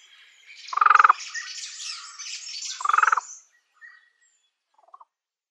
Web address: Schulze Peter Fan-tailed Raven